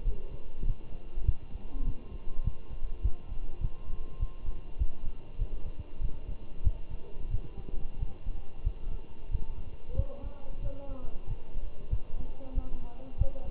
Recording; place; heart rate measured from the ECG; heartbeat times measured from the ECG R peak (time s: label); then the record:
heart sounds by stethoscope; between the tricuspid and mitral areas; 96 bpm
0.05 s: heartbeat
0.66 s: heartbeat
1.26 s: heartbeat
1.85 s: heartbeat
2.44 s: heartbeat
3.03 s: heartbeat
3.61 s: heartbeat
4.20 s: heartbeat
4.79 s: heartbeat
5.39 s: heartbeat
6.02 s: heartbeat
6.65 s: heartbeat
7.31 s: heartbeat
8.00 s: heartbeat
8.65 s: heartbeat
9.32 s: heartbeat
9.97 s: heartbeat
10.63 s: heartbeat
11.28 s: heartbeat
11.91 s: heartbeat
12.55 s: heartbeat
13.19 s: heartbeat
From the record:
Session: walking at 3.7 km/h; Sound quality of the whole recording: good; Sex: male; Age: 23 years